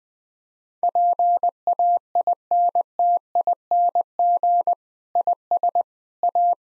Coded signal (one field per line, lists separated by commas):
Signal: Morse code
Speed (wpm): 20 wpm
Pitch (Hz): 700 Hz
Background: none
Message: PAINTING IS A